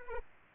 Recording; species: mosquito wingbeat signal from an infrared sensor; Aedes aegypti